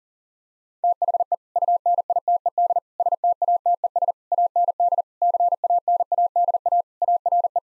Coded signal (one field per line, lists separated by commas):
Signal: Morse code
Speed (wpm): 40 wpm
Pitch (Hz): 700 Hz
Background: none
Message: THE UNITED STATES AND CANADA ARE